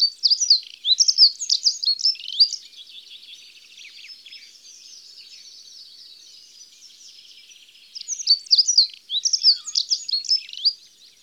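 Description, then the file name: Dunnock: two fast, high, jingling warbled phrases, one at the start and one near the end, with a fainter stretch between. "Accenteur mouchet"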